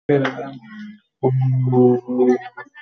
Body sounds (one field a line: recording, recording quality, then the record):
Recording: sustained vowel as in boot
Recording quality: poor, much background noise or distortion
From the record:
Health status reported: exposed to COVID-19, no respiratory illness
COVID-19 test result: not tested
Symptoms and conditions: none ticked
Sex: male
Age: 26 years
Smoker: not ticked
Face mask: not worn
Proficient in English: yes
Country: India